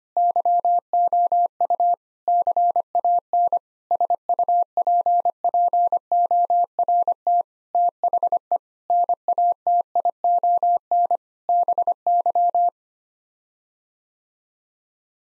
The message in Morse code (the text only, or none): YOU CAN SUPPORT THE NATION BY